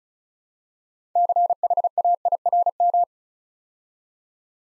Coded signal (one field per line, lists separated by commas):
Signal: Morse code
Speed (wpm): 36 wpm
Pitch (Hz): 700 Hz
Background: none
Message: CHAIRM